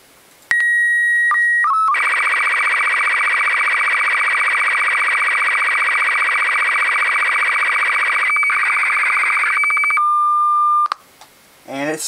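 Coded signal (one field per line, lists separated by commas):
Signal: SSTV (slow-scan television)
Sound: steady high leader tone, then ten seconds of buzzing, warbling scan with rhythmic ticks, ending on a low tone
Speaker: wait there's more and it still keeps coming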